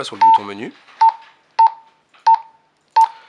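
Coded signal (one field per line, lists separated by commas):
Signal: none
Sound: walkie-talkie key beeps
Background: speech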